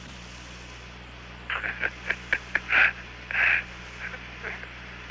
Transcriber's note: laughter